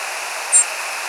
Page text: Nelson's Sharp-tailed Sparrow Ammodramus nelsoni Flight call. Georgia. WRE)